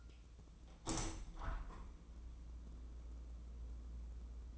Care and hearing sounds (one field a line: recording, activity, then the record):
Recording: daily activity, microphone in the room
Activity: open window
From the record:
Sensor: 1